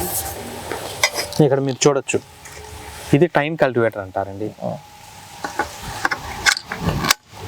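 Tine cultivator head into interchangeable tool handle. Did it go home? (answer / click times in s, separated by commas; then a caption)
yes / 7.1 s. A tine cultivator head is pushed onto an interchangeable garden tool handle while someone talks. Light handling sounds lead up to a sharp click at 7.1 s as the head locks into the handle.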